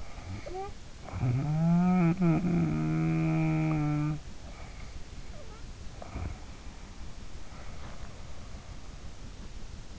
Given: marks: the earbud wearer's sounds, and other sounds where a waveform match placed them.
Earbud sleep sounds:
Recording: sounds in sleep by an in-ear microphone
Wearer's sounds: snoring breath, breath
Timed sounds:
0.00-4.30 s: snoring breath
4.45-6.52 s: snoring breath
7.45-9.08 s: breath

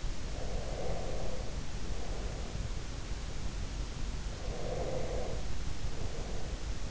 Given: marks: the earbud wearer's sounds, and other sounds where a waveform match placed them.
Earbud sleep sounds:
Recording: sounds in sleep by an in-ear microphone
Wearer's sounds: breath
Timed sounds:
0.28-2.88 s: breath
4.25-6.90 s: breath

